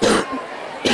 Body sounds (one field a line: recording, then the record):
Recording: coughing mixed with background sound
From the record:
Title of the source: 60 coughing still (deep and wet cough)